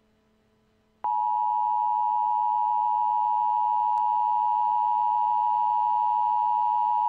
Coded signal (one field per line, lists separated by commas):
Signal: Emergency Alert System (SAME) tones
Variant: 853 and 960 Hz attention tone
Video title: EAS | Nuclear Attack Scenario #4